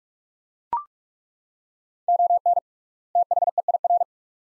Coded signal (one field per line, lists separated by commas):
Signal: Morse code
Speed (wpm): 41 wpm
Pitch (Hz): 700 Hz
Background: none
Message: ON THEIR